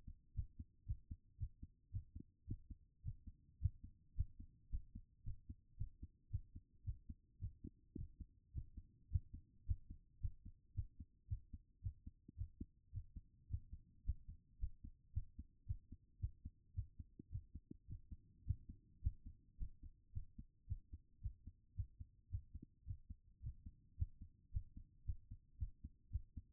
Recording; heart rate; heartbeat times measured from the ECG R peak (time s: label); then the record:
heart sounds by stethoscope; 110 bpm
0.34 s: heartbeat
0.85 s: heartbeat
1.37 s: heartbeat
1.90 s: heartbeat
2.46 s: heartbeat
3.02 s: heartbeat
3.59 s: heartbeat
4.15 s: heartbeat
4.69 s: heartbeat
5.23 s: heartbeat
5.76 s: heartbeat
6.29 s: heartbeat
6.83 s: heartbeat
7.38 s: heartbeat
7.95 s: heartbeat
8.52 s: heartbeat
9.09 s: heartbeat
9.65 s: heartbeat
10.20 s: heartbeat
10.73 s: heartbeat
11.27 s: heartbeat
11.81 s: heartbeat
12.35 s: heartbeat
12.91 s: heartbeat
13.48 s: heartbeat
14.04 s: heartbeat
14.58 s: heartbeat
15.12 s: heartbeat
15.65 s: heartbeat
16.18 s: heartbeat
16.73 s: heartbeat
17.29 s: heartbeat
17.86 s: heartbeat
18.44 s: heartbeat
19.01 s: heartbeat
19.57 s: heartbeat
20.12 s: heartbeat
20.66 s: heartbeat
21.20 s: heartbeat
21.74 s: heartbeat
22.29 s: heartbeat
22.84 s: heartbeat
23.41 s: heartbeat
23.96 s: heartbeat
24.50 s: heartbeat
25.04 s: heartbeat
25.57 s: heartbeat
26.09 s: heartbeat
From the record:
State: after exercise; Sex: female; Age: 39 years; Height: 175 cm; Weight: 68 kg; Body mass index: 22.20